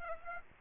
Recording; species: mosquito wingbeat signal from an infrared sensor; Aedes aegypti